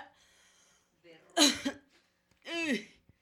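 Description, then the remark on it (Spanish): A person coughs twice after drinking a glass of water: a harsh, breathy burst followed by a rougher, voiced cough with a raspy, throaty edge, and short quiet pauses around them. “Y me entró, acabo de tomar un vaso de agua y me dio la tos.”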